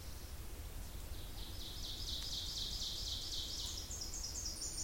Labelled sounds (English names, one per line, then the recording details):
Ovenbird song
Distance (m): 60 m
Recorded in boreal forest in Alberta, Canada, on 26 May 2016 at 08:16
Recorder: SongMeter 3, array SBT-3-15
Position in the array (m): 54 m, 223 m
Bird 20